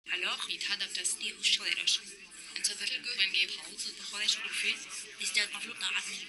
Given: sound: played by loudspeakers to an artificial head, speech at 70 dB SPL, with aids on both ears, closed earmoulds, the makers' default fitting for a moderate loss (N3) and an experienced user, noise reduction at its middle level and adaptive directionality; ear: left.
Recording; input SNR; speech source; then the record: speech test signal (ISTS) in cocktail-party noise; 0 dB; in front (0 degrees)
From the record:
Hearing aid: class 2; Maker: J